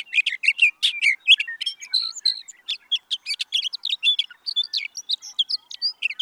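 Sage thrasher song, a long unbroken run of rapid warbled notes and chirps, jumbled and varied, pouring out with almost no pauses; nothing else audible.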